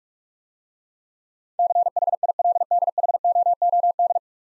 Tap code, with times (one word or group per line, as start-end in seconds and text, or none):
none